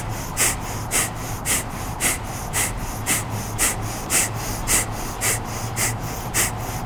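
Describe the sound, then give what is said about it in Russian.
Kapalabhati yoga breathing with the abdomen engaged: a steady series of sharp, forceful nasal exhalations, about two per second, each a quick breathy burst of air repeating in a regular rhythm with no talking. “Можно чуть-чуть скруглить поясницу, и тогда у вас вот удар капалабхати, он будет идти туда вниз.”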